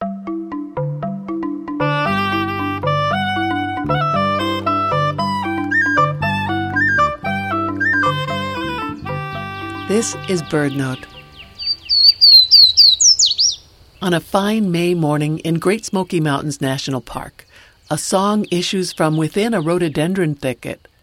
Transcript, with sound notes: This is BirdNote. [Swainson’s Warbler song] On a fine May morning in Great Smoky Mountains National Park, a song issues from within a rhododendron thicket.